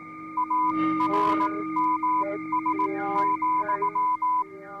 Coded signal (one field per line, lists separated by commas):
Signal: Morse code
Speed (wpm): 18 wpm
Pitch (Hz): 1000 Hz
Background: music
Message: ARMS,